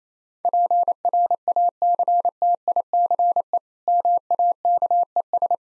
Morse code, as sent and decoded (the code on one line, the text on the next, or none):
.--. .-. .- -.-. - .. -.-. . / -- .- -.- . ...
PRACTICE MAKES